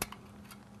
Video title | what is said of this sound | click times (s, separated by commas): How To Use Your Aqua Chi for the First Time | and it snaps into place as good as new and ready for another session | 0.0 s